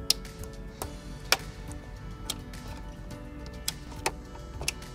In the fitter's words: engage the mechanisms we can just slide them in and you'll hear a click for all those connectors and